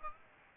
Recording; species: mosquito wingbeat signal from an infrared sensor; Aedes aegypti